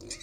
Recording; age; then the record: pig call; weaner (32 to 43 days)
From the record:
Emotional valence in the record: negative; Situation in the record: novel object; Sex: female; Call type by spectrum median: high-frequency call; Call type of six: mixed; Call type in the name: high-frequency modulated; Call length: 0.23 s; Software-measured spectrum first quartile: 1236 Hz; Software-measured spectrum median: 4207 Hz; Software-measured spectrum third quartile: 6375 Hz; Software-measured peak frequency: 345 Hz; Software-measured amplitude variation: 174 dB a second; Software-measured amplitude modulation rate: 17.2 a second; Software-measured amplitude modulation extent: 10.1 dB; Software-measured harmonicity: 2.4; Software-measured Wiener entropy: -2.57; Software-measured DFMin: 690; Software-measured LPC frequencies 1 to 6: 407, 1971, 2376, 3864, 5087, 5816 Hz